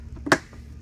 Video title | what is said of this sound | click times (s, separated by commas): CycloMop Replace Stainless Steel Basket June 2016 | you hear it snap in then you know it's in same way with the other side | 0.3 s